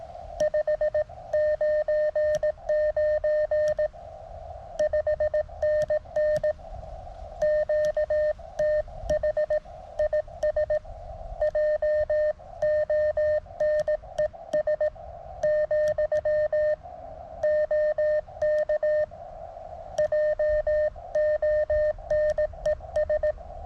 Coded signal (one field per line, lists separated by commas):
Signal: Morse code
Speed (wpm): 17 wpm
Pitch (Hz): 610 Hz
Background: none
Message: 599 5NN QTH IS JONES , OK JONES